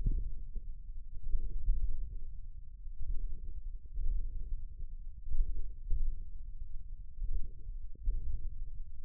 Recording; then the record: forearm muscle sounds (acoustic myography)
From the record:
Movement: wrist extension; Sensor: system 1, eight BSWA MPA416 microphones around the upper forearm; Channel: 6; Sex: male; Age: 54 years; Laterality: right